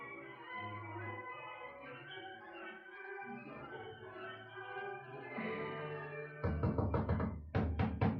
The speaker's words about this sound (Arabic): شوفي مين ده اللي هيكسر الباب